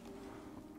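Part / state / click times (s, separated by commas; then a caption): electronic gear shifter onto e-bike rear hub / not seated / none. A replacement electronic gear shifter for a VanMoof S3 e-bike, fitted to fix Error 44, is handled against the rear hub, with steady low, rumbling handling noise and no sharp transients. Nothing has seated or clicked yet.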